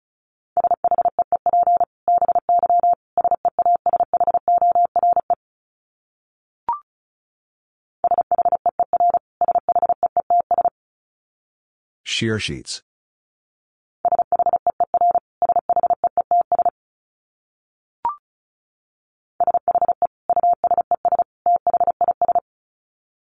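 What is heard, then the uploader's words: A word is sent in Morse code as a steady mid-pitched tone keyed into short dots and longer dashes, repeated in four bursts separated by silence. Between bursts come a faint click and, near the middle, a brief bright rushing swish. Dit Challenge 35wpm. These are short phrases that contain almost all dits in Morse code. I used the letters e, i, s, h, and the number 5 almost entirely. First, the word is sent in Morse code.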